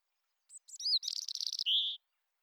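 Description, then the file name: European robin song: high thin notes, a rapid trill of jumbled twitters, ending in a clear sustained whistle. "Erithacus rubecula"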